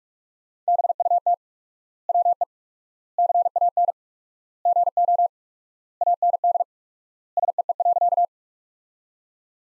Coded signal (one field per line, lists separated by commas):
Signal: Morse code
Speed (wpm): 41 wpm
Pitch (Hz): 700 Hz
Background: none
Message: BUT WE CAN GO AND SEE.